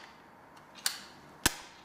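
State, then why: Seated. With a disc already seated inside, the plastic lid of a portable CD player is closed and latches shut. Two sharp clicks ring out at about 0.9 s and 1.5 s. The lid is locked in place.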